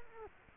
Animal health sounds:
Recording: mosquito wingbeat signal from an infrared sensor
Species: Culex quinquefasciatus

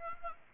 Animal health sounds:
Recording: mosquito wingbeat signal from an infrared sensor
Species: Aedes aegypti

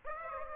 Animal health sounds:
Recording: mosquito wingbeat signal from an infrared sensor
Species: Aedes aegypti

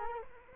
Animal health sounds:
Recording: mosquito wingbeat signal from an infrared sensor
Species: Culex quinquefasciatus

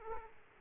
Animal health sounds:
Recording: mosquito wingbeat signal from an infrared sensor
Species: Aedes aegypti

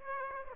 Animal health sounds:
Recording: mosquito wingbeat signal from an infrared sensor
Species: Aedes aegypti

